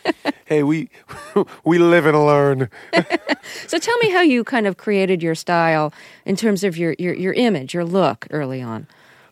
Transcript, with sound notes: hey, we live and learn.
(Laughter) So tell me how you kind of created your style in terms of your image, your look, early on.